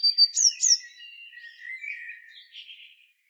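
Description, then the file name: Eurasian blue tit giving a few sharp, high flicked notes, then a softer, buzzy, descending chatter that fades out. "Cyanistes caeruleus"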